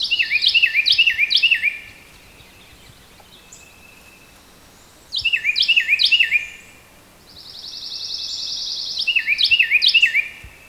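Carolina wren singing loud rolling chants of repeated whistled triplets in three bursts, separated by quiet pauses, with a high buzzy trill in one gap.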